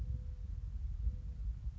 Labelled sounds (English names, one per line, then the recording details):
Mourning Dove
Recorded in Sonoma County, California